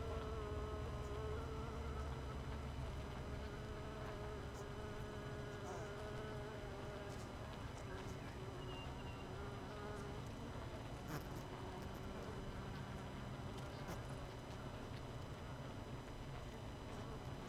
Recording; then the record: honeybee colony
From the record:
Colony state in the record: missing queen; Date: 31 May 2018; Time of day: 18:44